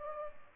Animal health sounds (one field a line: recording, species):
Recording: mosquito wingbeat signal from an infrared sensor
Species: Culex pipiens